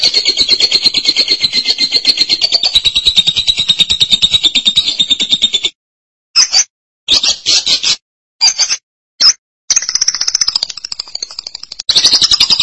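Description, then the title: Lovebird trilling: a sustained high, rapidly pulsed trill for several seconds, then a string of short chattering bursts and more trilling. "BM Suara Burung Lovebird"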